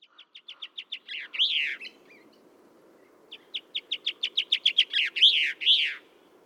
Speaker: Finally, I spotted a blue chaffinch singing in some pine trees.